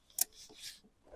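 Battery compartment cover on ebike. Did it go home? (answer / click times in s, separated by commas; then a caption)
yes / 0.2 s. The battery compartment cover on a 2025 Evoque Streetster motorcycle-style ebike is snapped shut. A faint tick at 0.1 s leads into a sharp, bright snap at 0.2 s, followed by softer rustling until about 0.8 s. The cover is seated and closed.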